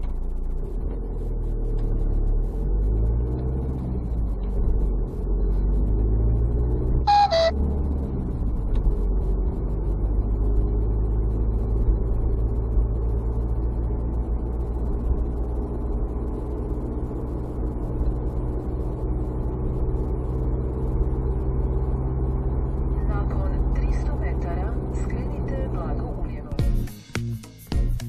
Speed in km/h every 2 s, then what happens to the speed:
2, 10, 23, 33, 36, 41, 42, 43, 44, 46, 47, 47, 45, 43.
0-20 pulls away to 47. 20-28 steady at about 45.